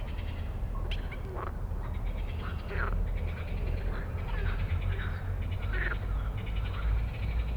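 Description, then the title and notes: Frogs in a dense evening chorus, overlapping pulsed rattling trills over a steady low rumble. Many frogs giving an evening chorus after dark in Stromovka park, Prague, 18 May 2022 from 22:08, recorded on a Sony PCM-D100 while sitting among them. "Stromovka Park, Prague - Frog concert at Stromovka after dark. Wracaliśmy przez park Stromovka do domu. Już z daleka słyszałem, że gdzieś blisko jest gęsto od żab i dają wieczorny koncert. 2022/05/18. 22:08"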